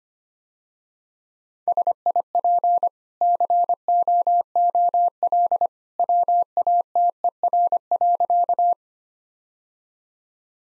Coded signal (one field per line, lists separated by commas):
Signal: Morse code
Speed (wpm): 25 wpm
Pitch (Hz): 700 Hz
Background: none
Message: SIP COOL WATER.